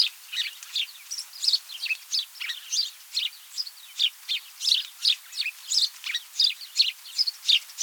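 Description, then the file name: Italian sparrow chirps in a busy chatter, about three notes a second, bright and slightly varied in pitch, nothing else prominent. "Passera Italia"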